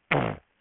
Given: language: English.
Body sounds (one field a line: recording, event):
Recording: throat vibration sensor signal played as sound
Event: throat clearing